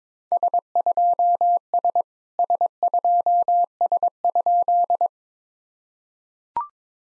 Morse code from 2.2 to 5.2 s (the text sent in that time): S2S?